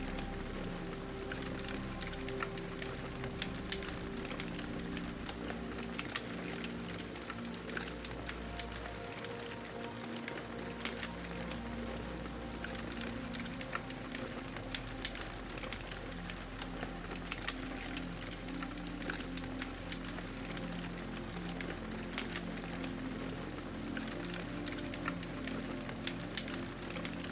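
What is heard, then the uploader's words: A campfire crackles with dense, steady pops and snaps throughout, over soft sustained music tones and a low constant hum underneath. SOFT MUSIC and CAMPFIRE for a Peaceful and Restful NIGHT. The gentle crackling of a campfire and soothing melodies in the background.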